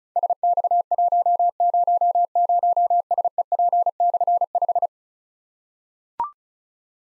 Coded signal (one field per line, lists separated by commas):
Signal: Morse code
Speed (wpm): 36 wpm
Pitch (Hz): 700 Hz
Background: none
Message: SX100SEP/5